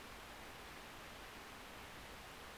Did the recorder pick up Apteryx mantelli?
no